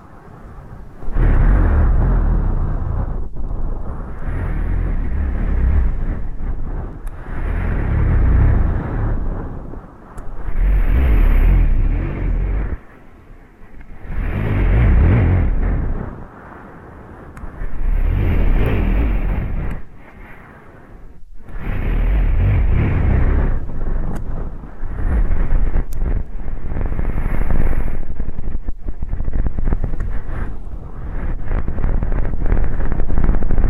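Deep ear canal and eardrum cleaning: thick, muffled rubbing and scraping in long strokes that swell and ease roughly every four to five seconds. Short quieter gaps fall near 3, 12, 17 and 21 seconds, with faint crackly ticks above the low rumble.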